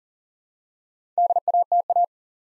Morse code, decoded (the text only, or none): DATA